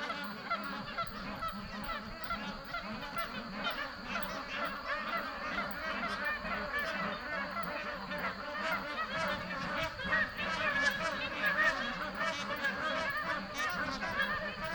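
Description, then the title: Magpie goose flock giving continuous, overlapping and irregular nasal honks. Australian magpie goose. "vogel der woche. Spaltfussgans"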